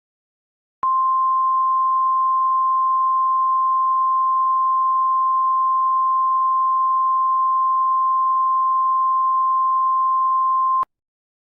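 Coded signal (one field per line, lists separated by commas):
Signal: Emergency Alert System (SAME) tones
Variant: 1050 Hz attention tone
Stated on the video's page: Fictional alert scenario containing some valid tones, mixed with sirens and sound effects.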